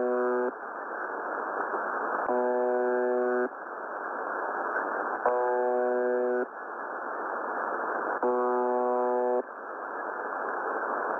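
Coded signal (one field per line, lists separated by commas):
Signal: channel marker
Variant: UVB-76 (The Buzzer)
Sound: short harsh buzzes about once every three seconds over steady radio hiss, four buzzes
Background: radio static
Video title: 6998 Khz USB Russian Buzzer,using WebSDR UVB-76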